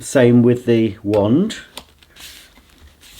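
Someone talks while handling a Philips Tri-Active bagless vacuum cleaner wand tube at its handle, which has a push-button catch, followed by faint handling noises and a brief soft tap around 2.0 seconds. Nothing has seated or clicked yet; the clip ends before the wand locks into the handle.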